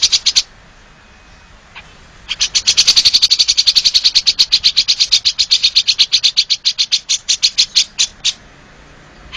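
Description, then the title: Oriental magpie-robin singing a long, steady series of high, scratchy pulsed notes, evenly repeated several times a second after a brief opening phrase. "Kicau Kacer"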